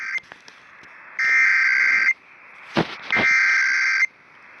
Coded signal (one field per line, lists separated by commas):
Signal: Emergency Alert System (SAME) tones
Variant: header bursts